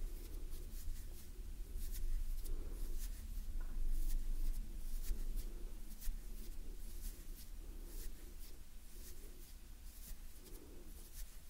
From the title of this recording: Gentle Hand Sounds Movements & Breathing